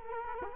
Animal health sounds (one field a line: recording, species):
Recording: mosquito wingbeat signal from an infrared sensor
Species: Culex quinquefasciatus